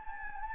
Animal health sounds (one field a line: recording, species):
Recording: mosquito wingbeat signal from an infrared sensor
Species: Anopheles gambiae